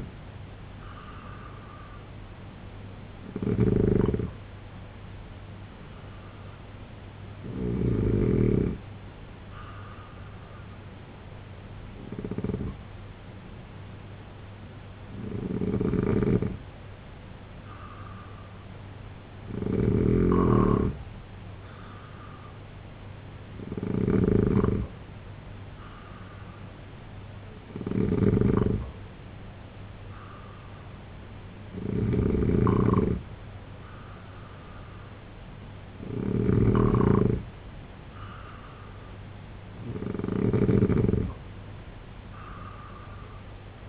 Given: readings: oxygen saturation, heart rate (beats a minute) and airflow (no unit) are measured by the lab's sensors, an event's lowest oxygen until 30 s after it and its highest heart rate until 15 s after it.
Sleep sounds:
breathing in sleep by a voice recorder at the bedside; none
none scored
From the record:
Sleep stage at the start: N2 (light sleep); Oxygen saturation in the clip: 90 to 93%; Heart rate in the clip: 64 to 77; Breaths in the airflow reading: 10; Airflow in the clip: -3.9 to 6.5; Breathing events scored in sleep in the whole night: 258 in 7.4 hours asleep

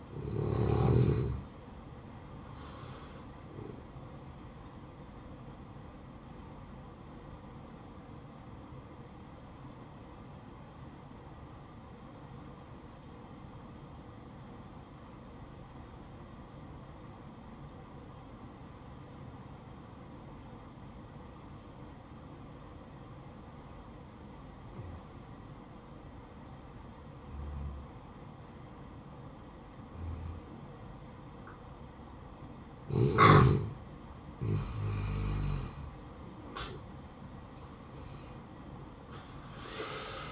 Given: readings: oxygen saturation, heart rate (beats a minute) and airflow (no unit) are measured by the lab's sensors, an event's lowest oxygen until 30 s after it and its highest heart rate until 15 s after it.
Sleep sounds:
breathing in sleep by a smartphone at the bedside; 1
4.00-31.90 s: hypopnea (N1, oxygen 95% highest, then 86% lowest, heart rate 63 at the start, 69 highest)
From the record:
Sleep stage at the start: N1 (lightest sleep); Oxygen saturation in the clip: 87 to 95%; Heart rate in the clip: 54 to 69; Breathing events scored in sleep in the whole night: 573 in 9.8 hours asleep

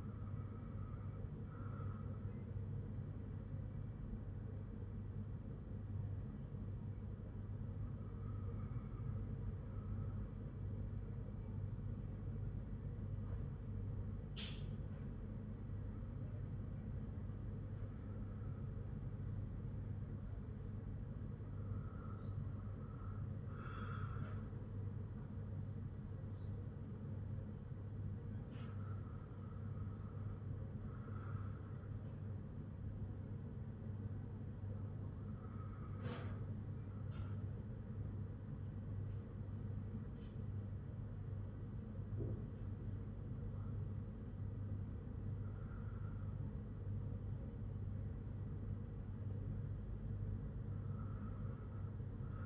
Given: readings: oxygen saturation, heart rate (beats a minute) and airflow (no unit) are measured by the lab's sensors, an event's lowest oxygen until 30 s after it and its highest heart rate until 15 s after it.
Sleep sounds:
breathing in sleep by a smartphone at the bedside; none
none scored
From the record:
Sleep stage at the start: N1 (lightest sleep); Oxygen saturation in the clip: 95 to 96%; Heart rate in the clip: 51 to 58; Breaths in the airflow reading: 7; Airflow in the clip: -3.3 to 3.4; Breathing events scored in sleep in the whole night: 182 in 7.4 hours asleep

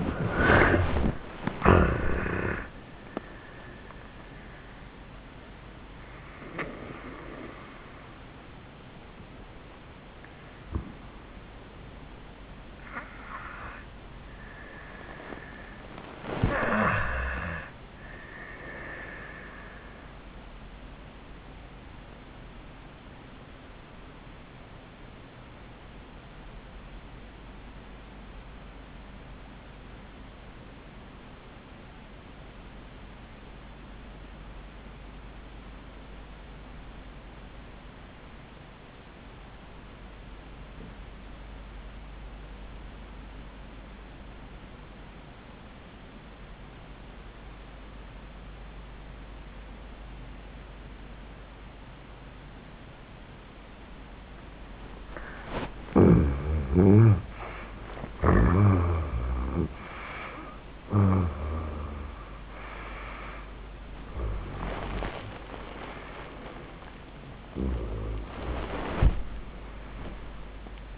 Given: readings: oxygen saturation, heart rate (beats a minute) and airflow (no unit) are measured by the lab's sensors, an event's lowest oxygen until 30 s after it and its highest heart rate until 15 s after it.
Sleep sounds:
breathing in sleep by a voice recorder at the bedside; 1
6.00-36.00 s: new sleep stage, N1 (lightest sleep)
15.00-57.00 s: obstructive apnea (N1, oxygen 96% highest, then 65% lowest, heart rate 89 at the start, 104 highest)
36.00-66.00 s: new sleep stage, REM sleep
66.00-70.98 s: new sleep stage, N1 (lightest sleep)
From the record:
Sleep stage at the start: REM sleep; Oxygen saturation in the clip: 66 to 96%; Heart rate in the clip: 70 to 105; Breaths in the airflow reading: 6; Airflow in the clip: -37.6 to 27.5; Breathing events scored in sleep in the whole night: 400 in 8.7 hours asleep

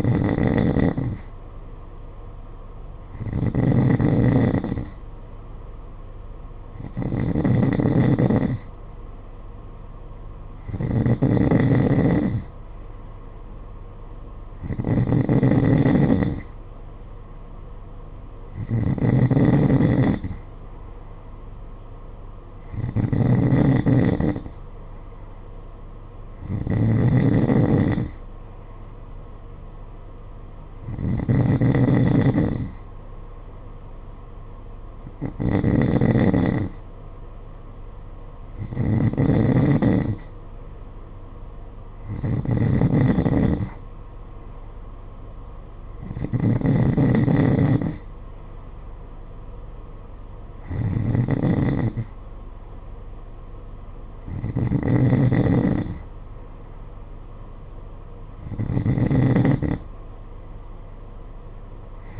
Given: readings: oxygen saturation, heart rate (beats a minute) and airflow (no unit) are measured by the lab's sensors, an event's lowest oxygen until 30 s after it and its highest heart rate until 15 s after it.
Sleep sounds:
breathing in sleep by a smartphone at the bedside; none
24.00-54.00 s: new sleep stage, N3 (deep sleep)
54.00-62.19 s: new sleep stage, N2 (light sleep)
From the record:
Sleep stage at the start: N2 (light sleep); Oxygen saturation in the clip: 92%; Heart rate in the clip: 51 to 56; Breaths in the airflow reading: 16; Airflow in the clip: -7.3 to 6.8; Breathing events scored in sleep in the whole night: 476 in 9.7 hours asleep

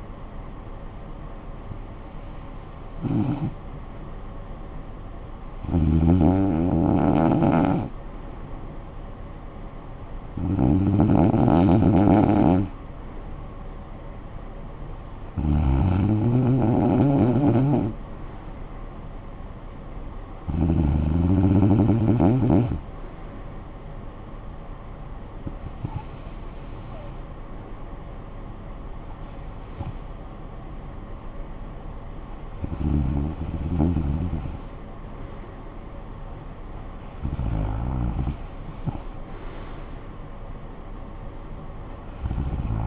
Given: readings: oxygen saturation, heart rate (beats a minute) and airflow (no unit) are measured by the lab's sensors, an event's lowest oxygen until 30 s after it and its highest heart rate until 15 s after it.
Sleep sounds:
breathing in sleep by a smartphone at the bedside; none
none scored
From the record:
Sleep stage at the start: REM sleep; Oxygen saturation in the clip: 93 to 95%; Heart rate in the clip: 52 to 69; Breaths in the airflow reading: 9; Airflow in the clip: -12.8 to 8.4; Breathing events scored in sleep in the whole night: 445 in 7.6 hours asleep

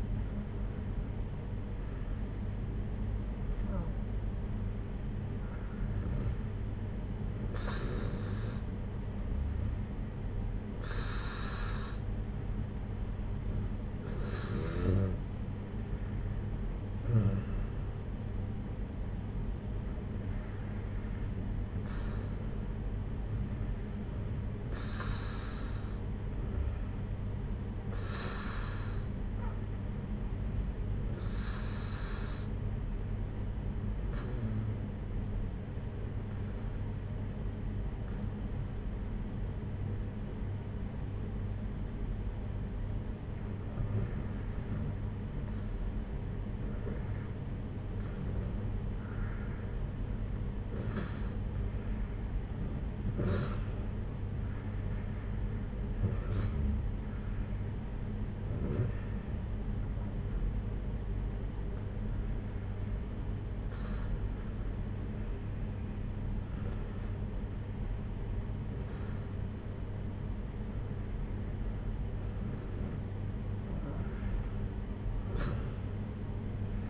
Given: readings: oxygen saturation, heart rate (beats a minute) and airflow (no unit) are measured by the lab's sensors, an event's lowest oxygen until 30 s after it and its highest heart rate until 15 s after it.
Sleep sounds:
breathing in sleep by a smartphone at the bedside; 1
31.00-48.80 s: hypopnea (REM, oxygen 94% highest, then 91% lowest)
From the record:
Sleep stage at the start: REM sleep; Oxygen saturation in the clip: 91 to 94%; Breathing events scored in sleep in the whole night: 226 in 8.8 hours asleep

